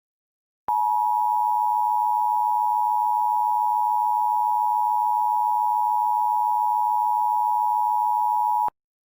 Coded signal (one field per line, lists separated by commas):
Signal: Emergency Alert System (SAME) tones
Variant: 853 and 960 Hz attention tone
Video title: Alaska Tsunami (10/20/20) | Tsunami Warning ⚠️ | EAS #79 (Recreation)